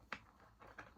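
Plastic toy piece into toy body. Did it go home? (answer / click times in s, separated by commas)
partly / 0.1 s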